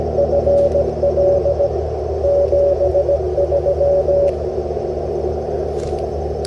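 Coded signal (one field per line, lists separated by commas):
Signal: Morse code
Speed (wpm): 16 wpm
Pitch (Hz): 580 Hz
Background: radio noise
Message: FL 73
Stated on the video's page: Portable QRP CW setup using a 705 transceiver.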